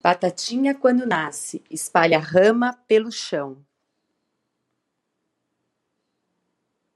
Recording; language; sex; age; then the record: short text; Brazilian Portuguese; female; 40 to 49 years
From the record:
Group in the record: control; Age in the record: 45 years